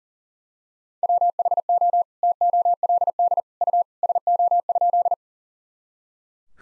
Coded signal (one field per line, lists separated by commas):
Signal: Morse code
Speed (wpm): 40 wpm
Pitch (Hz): 700 Hz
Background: none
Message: WHO TOLD U SO?